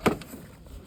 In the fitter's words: you sure hear audible click